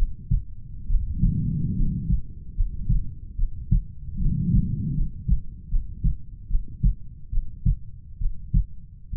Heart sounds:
heart sounds by stethoscope; 73 bpm
0.87 s: heartbeat
1.75 s: heartbeat
2.54 s: heartbeat
3.36 s: heartbeat
4.19 s: heartbeat
4.94 s: heartbeat
5.69 s: heartbeat
6.48 s: heartbeat
7.30 s: heartbeat
8.18 s: heartbeat
9.10 s: heartbeat
From the record:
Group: healthy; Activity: Valsalva maneuver 0-2 s, rest 2-9 s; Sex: female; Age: 22 years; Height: 160 cm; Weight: 45 kg

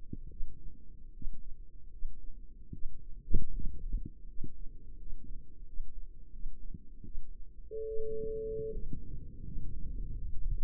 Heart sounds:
heart sounds by microphone in the left ear; 79 bpm
0.29 s: heartbeat
1.12 s: heartbeat
1.90 s: heartbeat
2.72 s: heartbeat
3.53 s: heartbeat
4.27 s: heartbeat
4.97 s: heartbeat
5.65 s: heartbeat
6.31 s: heartbeat
7.04 s: heartbeat
7.86 s: heartbeat
8.71 s: heartbeat
9.43 s: heartbeat
10.13 s: heartbeat
From the record:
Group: healthy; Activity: rest 0-9 s, Valsalva maneuver 9-11 s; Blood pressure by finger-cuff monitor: 94/58 mmHg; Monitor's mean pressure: 67 mmHg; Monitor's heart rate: 77 bpm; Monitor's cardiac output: 6.3 L/min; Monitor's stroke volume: 82 mL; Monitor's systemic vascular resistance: 780 dyn s/cm5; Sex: female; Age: 22 years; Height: 163 cm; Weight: 67.1 kg

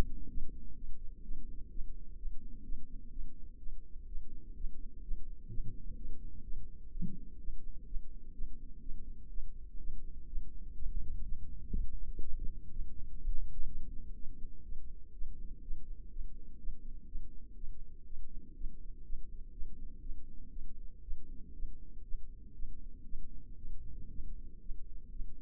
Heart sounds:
heart sounds by microphone in the left ear; 123 bpm
0.30 s: heartbeat
0.76 s: heartbeat
1.24 s: heartbeat
1.71 s: heartbeat
2.18 s: heartbeat
2.65 s: heartbeat
3.12 s: heartbeat
3.59 s: heartbeat
4.08 s: heartbeat
4.56 s: heartbeat
5.04 s: heartbeat
5.50 s: heartbeat
5.97 s: heartbeat
6.44 s: heartbeat
6.92 s: heartbeat
7.40 s: heartbeat
7.87 s: heartbeat
8.34 s: heartbeat
8.82 s: heartbeat
9.30 s: heartbeat
9.79 s: heartbeat
10.28 s: heartbeat
10.76 s: heartbeat
11.24 s: heartbeat
11.73 s: heartbeat
12.22 s: heartbeat
12.71 s: heartbeat
13.20 s: heartbeat
13.68 s: heartbeat
14.15 s: heartbeat
14.64 s: heartbeat
15.14 s: heartbeat
15.63 s: heartbeat
16.11 s: heartbeat
16.59 s: heartbeat
17.07 s: heartbeat
17.56 s: heartbeat
18.06 s: heartbeat
18.56 s: heartbeat
19.05 s: heartbeat
19.53 s: heartbeat
20.02 s: heartbeat
20.51 s: heartbeat
21.03 s: heartbeat
21.55 s: heartbeat
22.05 s: heartbeat
22.55 s: heartbeat
23.05 s: heartbeat
23.57 s: heartbeat
24.10 s: heartbeat
24.61 s: heartbeat
25.12 s: heartbeat
From the record:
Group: healthy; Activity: rest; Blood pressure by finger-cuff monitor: 130/73 mmHg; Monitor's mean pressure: 89 mmHg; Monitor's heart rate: 125 bpm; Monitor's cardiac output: 10.4 L/min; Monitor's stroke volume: 83 mL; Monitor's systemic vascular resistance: 630 dyn s/cm5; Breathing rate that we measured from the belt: 21 breaths a minute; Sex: female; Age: 19 years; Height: 163 cm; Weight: 51 kg

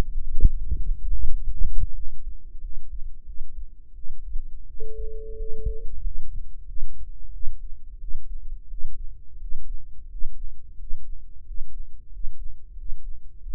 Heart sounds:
heart sounds by microphone in the right ear; 89 bpm
0.57 s: heartbeat
1.26 s: heartbeat
1.93 s: heartbeat
2.59 s: heartbeat
3.24 s: heartbeat
3.93 s: heartbeat
4.65 s: heartbeat
5.36 s: heartbeat
6.01 s: heartbeat
6.66 s: heartbeat
7.31 s: heartbeat
7.98 s: heartbeat
8.68 s: heartbeat
9.38 s: heartbeat
10.08 s: heartbeat
10.76 s: heartbeat
11.44 s: heartbeat
12.10 s: heartbeat
12.75 s: heartbeat
13.39 s: heartbeat
From the record:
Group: healthy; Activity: rest 0-8 s, Valsalva maneuver 8-14 s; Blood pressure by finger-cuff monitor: 101/60 mmHg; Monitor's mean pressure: 73 mmHg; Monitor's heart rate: 88 bpm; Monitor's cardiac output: 7.7 L/min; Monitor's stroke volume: 88 mL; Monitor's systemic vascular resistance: 680 dyn s/cm5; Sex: female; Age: 19 years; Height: 163 cm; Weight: 48.9 kg

